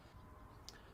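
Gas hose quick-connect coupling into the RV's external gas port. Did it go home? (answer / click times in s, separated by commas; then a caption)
yes / 0.7 s. The brass sleeve of a gas hose's quick-connect coupling is pulled back and the hose is pushed onto the RV's external gas port. A single sharp tick at 0.7 s marks the fitting snapping in and seating, leaving the gas line fully connected.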